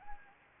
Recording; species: mosquito wingbeat signal from an infrared sensor; Anopheles arabiensis